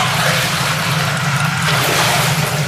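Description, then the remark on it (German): Continuous churning water noise of a person swimming through a pool toward the pool edge and climbing out, with a steady low rumble underneath and a slight change in the splashing toward the end. No voices. “Ich schwimme auf den Beckenrand zu.”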